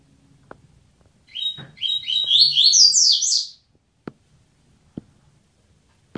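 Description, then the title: Double-collared seedeater song: a quick, high warbled phrase of jumbled twittering notes lasting about two seconds, with scattered sharp clicks before and after in a quiet setting. "Canto Coleiro"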